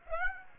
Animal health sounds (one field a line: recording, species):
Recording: mosquito wingbeat signal from an infrared sensor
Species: Aedes aegypti